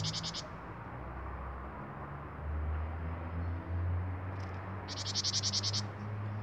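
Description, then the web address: Great tit churring: a brief pulsed rattle at the start and a longer buzzy one near the end, with droning low hum throughout. "SETE Parus major"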